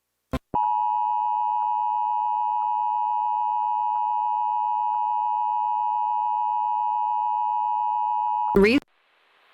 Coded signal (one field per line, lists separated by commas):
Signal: Emergency Alert System (SAME) tones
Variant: 853 and 960 Hz attention tone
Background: speech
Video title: Pennsylvania Emergency Alert System (EAS) Tests - 1/2022